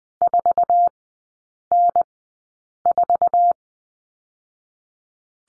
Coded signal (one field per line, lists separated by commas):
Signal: Morse code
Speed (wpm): 19 wpm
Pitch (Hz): 700 Hz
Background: none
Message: 4N4